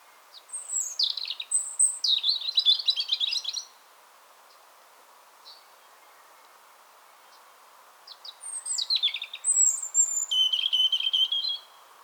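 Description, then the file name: European robin song in two bursts of rapid, high, tinkling warbles and thin whistles, a quiet gap of roughly four seconds between them, with a faint hum underneath. "Erithacus rubecula"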